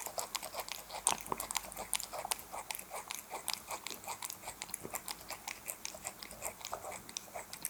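Cat eating wet food: steady wet smacking and chewing clicks, irregular bursts several per second, with a louder crunchy bite about one second in.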